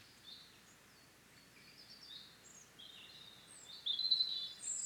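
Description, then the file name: European robin song: faint high wisps at first, then a louder, thin warbled phrase near the end with sharp whistled notes. "Erithacus rubecula"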